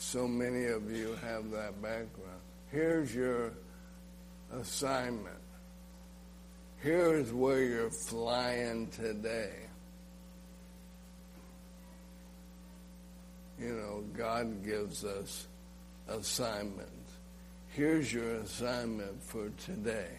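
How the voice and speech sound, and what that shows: A man with ALS, diagnosed the previous summer and nearing the end of his life, speaks slowly in short phrases separated by long pauses, with a fairly flat pitch, nasal vowels and some creaky voicing; a steady mains hum runs underneath. The speech is mildly slurred and dysarthric, as talking takes muscle.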